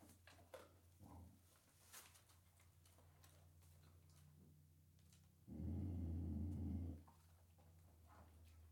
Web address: Sound Effects-BBC. small dog interior threatening to attack and attacking